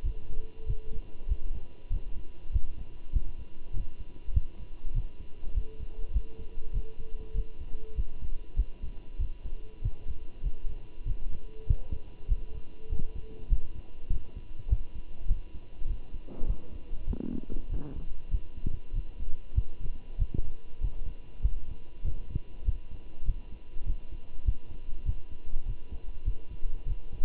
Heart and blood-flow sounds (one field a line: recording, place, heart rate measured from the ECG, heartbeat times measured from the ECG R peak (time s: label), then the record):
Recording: heart sounds by stethoscope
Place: between the tricuspid and mitral areas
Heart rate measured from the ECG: 98 bpm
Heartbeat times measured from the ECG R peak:
0.05 s: heartbeat
0.67 s: heartbeat
1.29 s: heartbeat
1.91 s: heartbeat
2.53 s: heartbeat
3.13 s: heartbeat
3.74 s: heartbeat
4.34 s: heartbeat
4.95 s: heartbeat
5.55 s: heartbeat
6.14 s: heartbeat
6.74 s: heartbeat
7.35 s: heartbeat
7.96 s: heartbeat
8.57 s: heartbeat
9.20 s: heartbeat
9.83 s: heartbeat
10.44 s: heartbeat
11.06 s: heartbeat
11.68 s: heartbeat
12.29 s: heartbeat
12.90 s: heartbeat
13.50 s: heartbeat
14.11 s: heartbeat
14.70 s: heartbeat
15.29 s: heartbeat
15.88 s: heartbeat
16.47 s: heartbeat
17.08 s: heartbeat
17.70 s: heartbeat
18.31 s: heartbeat
18.94 s: heartbeat
19.56 s: heartbeat
20.19 s: heartbeat
20.82 s: heartbeat
21.43 s: heartbeat
22.05 s: heartbeat
22.66 s: heartbeat
23.26 s: heartbeat
23.86 s: heartbeat
24.46 s: heartbeat
25.06 s: heartbeat
25.66 s: heartbeat
26.26 s: heartbeat
26.87 s: heartbeat
From the record:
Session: walking at 3.7 km/h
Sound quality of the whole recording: good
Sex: male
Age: 23 years